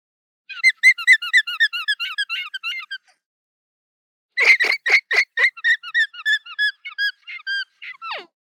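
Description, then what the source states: Alpaca alarm call, fast strings of shrill squeaking notes, a short silence, then harsh bursts trailing into a falling squeal. Alpaca warning call.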